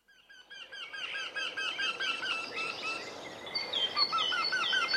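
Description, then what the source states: Eurasian wryneck giving a fast series of repeated nasal notes, with a second series joining at a higher pitch near the end. Call is a series of 'kie, kie, kie, kie' notes; male and female both calling; spring; pair recorded at Nastola on the Arrajoki riverside, a few decades ago.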